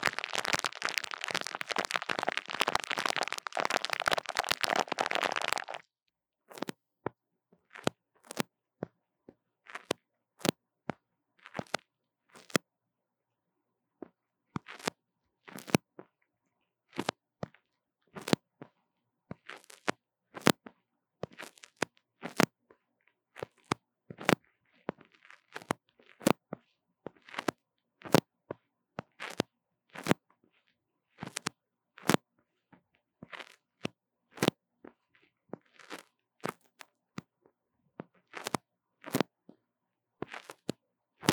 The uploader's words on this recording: 刺痛觸發迷你麥克風. Tingles With Mini Mic Tapping & Scratching | Lo-fi | No Talking.